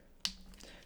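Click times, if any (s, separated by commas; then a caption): 0.2 s. A swapped plastic head is pushed onto the neck peg of a MAFEX No.075 Spider-Man (Comic Ver.) action figure and pops right in with a single sharp snap at 0.3 s, followed by two faint ticks. The head is seated on the neck joint.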